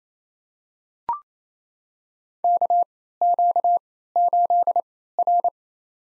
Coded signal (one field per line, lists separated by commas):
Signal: Morse code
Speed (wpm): 29 wpm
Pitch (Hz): 700 Hz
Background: none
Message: KQ8R